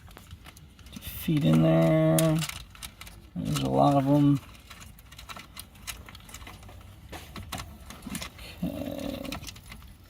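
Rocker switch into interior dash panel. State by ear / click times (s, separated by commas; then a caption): not seated / none. An aftermarket on/off rocker switch for off-road lights is handled at its opening in a plastic interior dash panel, with small clicks and rattles of handling while someone talks. Nothing has seated or clicked into place yet.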